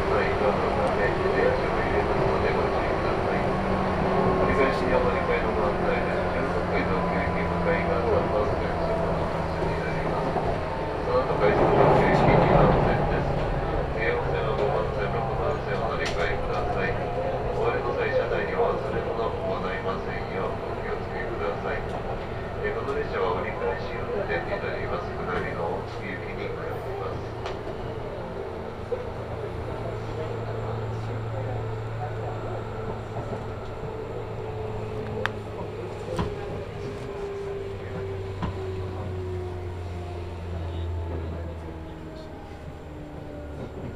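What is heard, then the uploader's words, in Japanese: A local train runs on the Chuo East Line from Otsuki toward Takao, with a steady rumble and low motor hums that slide in pitch. A louder swell comes near twelve seconds, with faint voices and scattered sharp clicks later on. 中央東線普通 大月→高尾。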